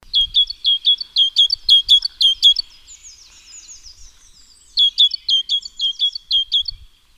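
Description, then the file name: Great tit giving two fast bursts of sharp, repeated chip notes, with a short soft twitter between them. "Parus major"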